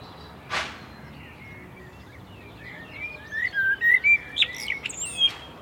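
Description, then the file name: Common blackbird song: a sharp knock, soft faint whistles, then a run of clear fluty notes ending in thin squeaky twittering. "Turdus merula"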